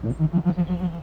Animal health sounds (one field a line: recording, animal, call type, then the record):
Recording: contact call of a hoofed animal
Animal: goat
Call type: low-frequency (closed-mouth) or high-frequency (open-mouth) call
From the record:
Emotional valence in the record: negative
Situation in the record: short social isolation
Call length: 1.03 s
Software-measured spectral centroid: 840 Hz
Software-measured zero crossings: 530 a second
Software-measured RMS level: -23 dBFS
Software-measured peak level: -11 dBFS